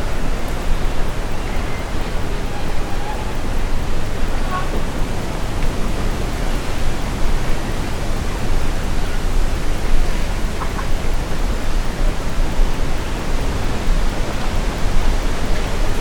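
Wind moves steadily through trees in a dense, even rush that stays at one level for the whole stretch, weighted toward a low rumble with a softer hiss above. Faint, brief sounds surface now and then, possibly voices or birds.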